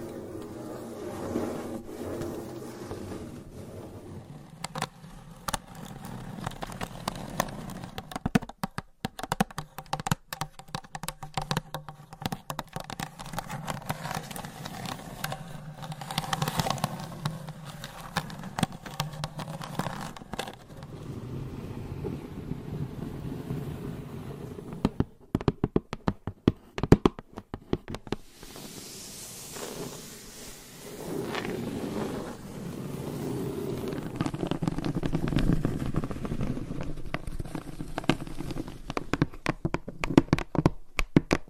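Close scratching, tapping and rubbing sounds shift in texture every few seconds, with dense low rustling broken by bursts of quick sharp taps around 8–12 and 25–28 seconds. A brighter hissing scrape appears near 29 seconds, and soft muffled rubbing fills the final stretch.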